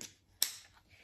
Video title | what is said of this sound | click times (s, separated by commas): Fun & Totally Random Temu Haul + Product Testing! | it just so easy snaps right into place | 0.4 s